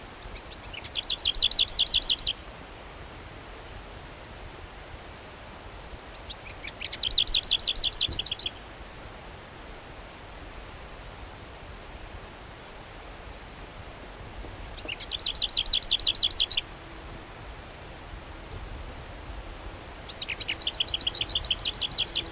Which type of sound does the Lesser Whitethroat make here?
song